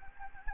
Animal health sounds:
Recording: mosquito wingbeat signal from an infrared sensor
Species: Anopheles gambiae

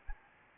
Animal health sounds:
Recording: mosquito wingbeat signal from an infrared sensor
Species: Anopheles gambiae

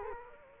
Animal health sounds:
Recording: mosquito wingbeat signal from an infrared sensor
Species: Culex quinquefasciatus

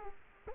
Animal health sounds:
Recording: mosquito wingbeat signal from an infrared sensor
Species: Culex quinquefasciatus

